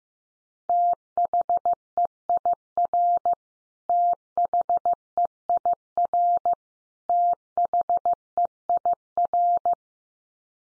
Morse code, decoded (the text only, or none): THEIR THEIR THEIR